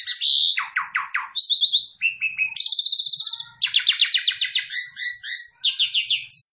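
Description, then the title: Javan pied starling song: a rapid medley of high whistles, buzzy rattling trills and chattering notes, changing phrase every second or so with almost no pauses. Lure recording meant to make the bird start calling right away. "Pancingan Jalak Suren Langsung Bunyi"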